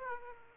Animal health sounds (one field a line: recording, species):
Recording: mosquito wingbeat signal from an infrared sensor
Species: Aedes aegypti